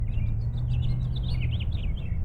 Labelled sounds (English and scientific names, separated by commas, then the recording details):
House Finch (Haemorhous mexicanus) song
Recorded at North Valley Stream on Long Island, New York, on 17 June 1975
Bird E